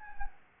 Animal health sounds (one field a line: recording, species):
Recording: mosquito wingbeat signal from an infrared sensor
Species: Anopheles gambiae